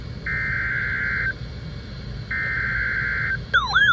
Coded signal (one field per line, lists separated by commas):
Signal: Emergency Alert System (SAME) tones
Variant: header bursts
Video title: KXI42 Severe Thunderstorm Warning. 5/16/25 EAS #396